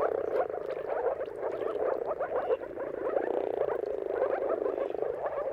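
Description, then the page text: Moor frogs calling in a dense chorus, many overlapping soft gurgling, bubbling notes pulsing continuously without pause. Chorus of moor frogs giving mating calls at sunrise, turn of March and April, timing depending on the weather. "Jakub-Orzecki moor frogs. Dawn’s Chorus: Mating Calls of Marsh Frogs at Sunrise. Depending on the weather at the turn of March and April, you can witness an amazing spectacle of moor frogs"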